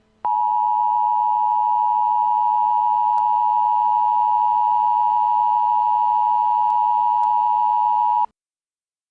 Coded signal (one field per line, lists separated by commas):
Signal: Emergency Alert System (SAME) tones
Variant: 853 and 960 Hz attention tone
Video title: EAS FCW Remake